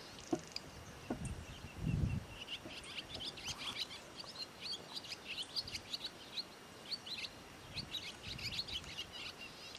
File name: fusti fecske hangja